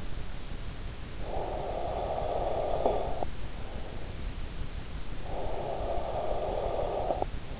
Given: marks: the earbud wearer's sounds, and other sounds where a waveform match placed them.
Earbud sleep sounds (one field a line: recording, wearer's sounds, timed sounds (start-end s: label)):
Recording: sounds in sleep by an in-ear microphone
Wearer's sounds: snoring breath, breath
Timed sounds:
1.04-3.55 s: snoring breath
5.10-7.60 s: breath